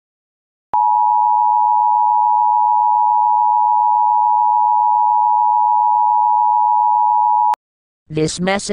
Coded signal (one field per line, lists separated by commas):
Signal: Emergency Alert System (SAME) tones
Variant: 853 and 960 Hz attention tone